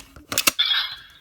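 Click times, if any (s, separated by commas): none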